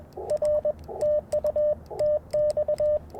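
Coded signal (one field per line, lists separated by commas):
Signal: Morse code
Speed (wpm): 21 wpm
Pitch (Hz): 600 Hz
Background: radio noise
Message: R TU TX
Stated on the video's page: QRP CW Parks on the Air activation sent with Bamatech TP-III paddles, Icom IC-705 and AlexLoop magnetic loop antenna.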